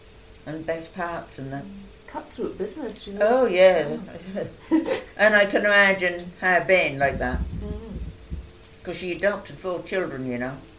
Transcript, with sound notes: And best parts and that.
Mhm. Cut-throat business really.
Oh, yeah. [laughs] And I can imagine her being like that.
Mhm.
'Cause she adopted four children, you know.